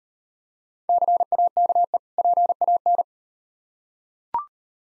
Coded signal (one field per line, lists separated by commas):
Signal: Morse code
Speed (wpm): 38 wpm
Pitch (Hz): 700 Hz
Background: none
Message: CAKE PAN